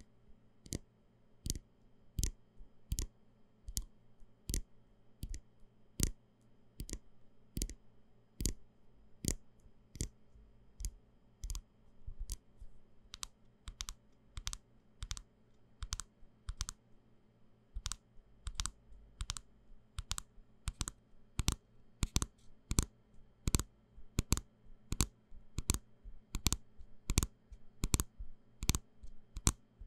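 Bottles, jars and cans are knocked against each other in a steady run of sharp, bright taps, about two per second for the whole half minute. The hits are crisp and short, with a low hum underneath and occasional quick double knocks.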